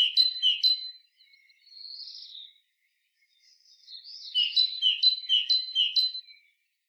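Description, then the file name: Great tit giving a rapid two-note see-saw phrase, high then lower, twice, then several more times after a short buzzy note and a quiet pause. "Parus major"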